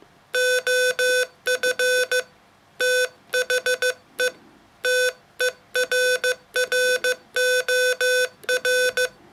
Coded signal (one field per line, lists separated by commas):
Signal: Morse code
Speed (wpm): 15 wpm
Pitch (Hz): 500 Hz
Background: none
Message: OF THE TERROR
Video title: 33. Father's Day Special: Poetry in Morse - SOUNDsculptures (ASMR)